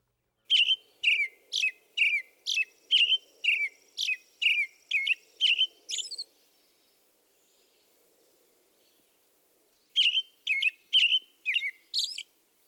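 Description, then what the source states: American Robin song, a quick run of short warbled notes about twice a second, a pause of several seconds, then a second burst of similar notes. Classic primary song, given on the nesting territory.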